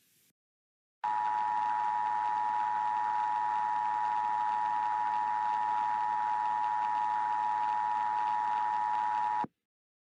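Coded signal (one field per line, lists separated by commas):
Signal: Emergency Alert System (SAME) tones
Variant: 853 and 960 Hz attention tone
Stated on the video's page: Fictional EAS scenario alert about war in the USA.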